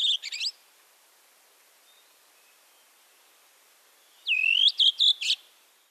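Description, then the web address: Thrush song: the end of one phrase of whistles and trills, a long pause, then a second short phrase of bright whistles and trills. "Голоса птиц Дрозд"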